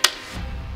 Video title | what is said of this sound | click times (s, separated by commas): SilencerCo Suppressor Science: 3 Lug | Still got that spring pressure, locks into place nice and tight. | 0.1 s